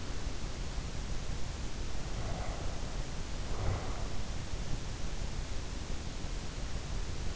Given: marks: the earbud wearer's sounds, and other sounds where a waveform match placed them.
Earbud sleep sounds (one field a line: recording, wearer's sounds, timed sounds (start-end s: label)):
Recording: sounds in sleep by an in-ear microphone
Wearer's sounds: breath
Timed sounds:
2.04-4.01 s: breath